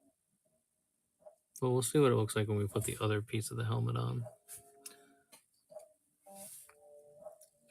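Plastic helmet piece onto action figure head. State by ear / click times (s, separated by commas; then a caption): seated / 4.9 s. Someone talks, then the outer half of a plastic action-figure helmet is fitted over the inner piece on the figure's head and clicks into place at 4.9 s, followed by a few faint handling sounds. The helmet piece is seated, and the extra click keeps it secure.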